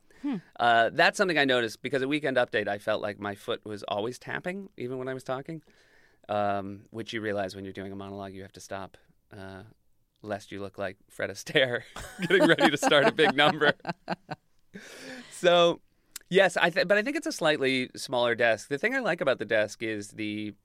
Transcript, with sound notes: That's something I noticed, because on "Weekend Update" I felt like my foot was always tapping, even when I was talking, which you realize when you're doing a monologue you have to stop, lest you look like Fred Astaire getting ready to start a big number.
(LAUGHTER)
So yes, but I think it's a slightly smaller desk. The thing I like about the desk is the